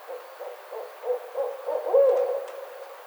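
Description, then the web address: Barred owl giving a rapid series of low hoots, building in volume to a longer, wavering slurred note two seconds in, then trailing off. Recorded on 29 May 2009. "Barred Owl 2009 05 29 Barred Owl"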